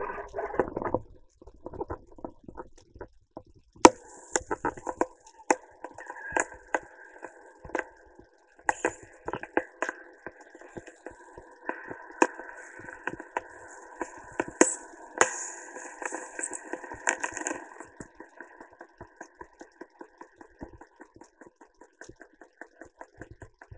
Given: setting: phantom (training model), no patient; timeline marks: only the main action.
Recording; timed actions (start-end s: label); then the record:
laparoscopic instrument, vibration sensor on the handle end
3.73-21.54 s: coagulation
From the record:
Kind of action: gesture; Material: ex-vivo porcine liver